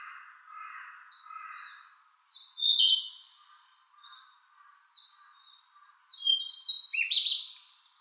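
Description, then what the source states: A bird sings buzzy, descending phrases and short high notes, with softer, lower chirps in between. Recorded on 4 June 2013.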